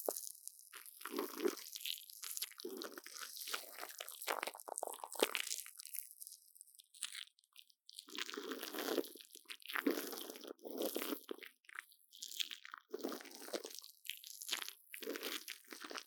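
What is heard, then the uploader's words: Plastic wrap being handled, crinkling and crackling in irregular bursts with sharp bright edges. The rustling is busy through the first six seconds, drops to near silence around seven, then resumes in uneven clusters with brief pauses until the end. Brain Tingling Mic Brushing | Plastic Wrap | NoTalking.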